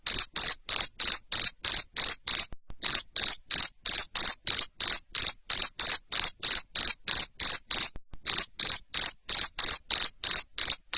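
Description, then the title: Cricket delivering loud high chirps in an even rhythm of about three per second, with two short interruptions. Loud cricket chirping used to make lovebirds sing continuously. "Suara JANGKRIK NGERIK Keras Bikin LOVEBIRD Jadi NGEKEK Terus"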